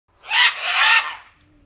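Bird uttering one drawn-out, hoarse screech lasting about a second, harsh and noisy.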